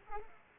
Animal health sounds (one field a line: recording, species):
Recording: mosquito wingbeat signal from an infrared sensor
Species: Culex pipiens